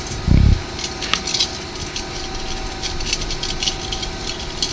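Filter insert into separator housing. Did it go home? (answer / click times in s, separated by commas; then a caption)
yes / 1.1 s. A filter insert for the collection vessel of a centrifugal separator is pressed into its housing and snaps into place with a sharp, short click at 1.1 s. A low thump comes just before it, and a few lighter taps and knocks follow over a steady background hum.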